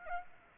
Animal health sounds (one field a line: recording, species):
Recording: mosquito wingbeat signal from an infrared sensor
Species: Aedes aegypti